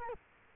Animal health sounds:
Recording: mosquito wingbeat signal from an infrared sensor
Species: Culex quinquefasciatus

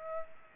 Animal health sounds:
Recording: mosquito wingbeat signal from an infrared sensor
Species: Aedes aegypti

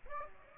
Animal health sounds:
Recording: mosquito wingbeat signal from an infrared sensor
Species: Aedes aegypti

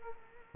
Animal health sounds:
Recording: mosquito wingbeat signal from an infrared sensor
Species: Culex quinquefasciatus

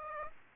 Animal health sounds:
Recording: mosquito wingbeat signal from an infrared sensor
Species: Aedes aegypti

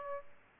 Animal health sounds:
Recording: mosquito wingbeat signal from an infrared sensor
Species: Aedes aegypti

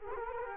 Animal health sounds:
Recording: mosquito wingbeat signal from an infrared sensor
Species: Culex quinquefasciatus

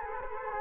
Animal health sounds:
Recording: mosquito wingbeat signal from an infrared sensor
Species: Culex quinquefasciatus

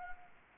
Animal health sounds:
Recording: mosquito wingbeat signal from an infrared sensor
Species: Anopheles gambiae

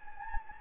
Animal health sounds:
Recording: mosquito wingbeat signal from an infrared sensor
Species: Anopheles gambiae

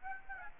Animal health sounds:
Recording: mosquito wingbeat signal from an infrared sensor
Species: Aedes aegypti

